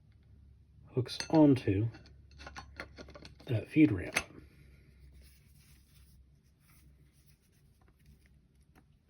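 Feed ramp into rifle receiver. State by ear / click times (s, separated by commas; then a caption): not seated / none. Someone talks while handling the metal feed ramp of an Excel Arms MR-17 17HMR Accelerator rifle, hooking it by its rear notch into the rifle receiver to be pressed into place. Faint metallic taps and clicks of handling come between the talk at about 2.3 to 3.3 seconds, then it goes quiet. Nothing has seated or clicked yet; the clip ends just before the feed ramp locks home.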